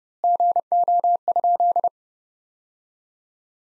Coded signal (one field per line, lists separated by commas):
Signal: Morse code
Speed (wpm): 30 wpm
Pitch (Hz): 700 Hz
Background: none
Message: GO?